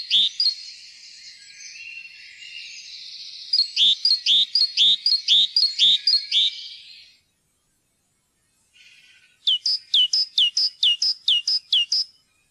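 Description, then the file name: Great tit song in two bouts of sharp, repeated two-note phrases, separated by a short silence; bright and ringing throughout. "kjoettmeis"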